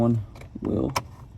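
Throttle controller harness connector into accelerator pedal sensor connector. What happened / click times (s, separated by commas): Handled, not yet home: connector not seated / none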